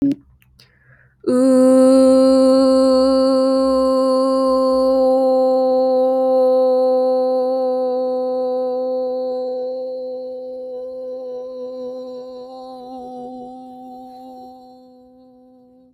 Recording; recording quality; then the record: sustained vowel as in boot; excellent, no background noise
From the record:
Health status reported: healthy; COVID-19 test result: negative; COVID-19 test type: RT-PCR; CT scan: not taken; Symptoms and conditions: none ticked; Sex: female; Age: 22 years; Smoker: no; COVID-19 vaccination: both doses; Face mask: not worn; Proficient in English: yes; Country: United States